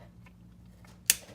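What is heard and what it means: A plastic mount bracket is hooked into the back of the plastic housing of an OBD2 gauge display. Over a low steady hum with a few faint ticks, the bracket snaps home with one sharp, loud click at 1.1 s, and the mount is seated.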